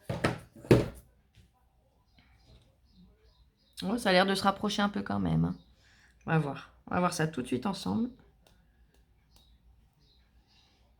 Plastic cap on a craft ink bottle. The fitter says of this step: le bouchon vous savez qu'il est bien fermée il ya un petit clic on entend un petit clic en fait quand quand c'est bon ça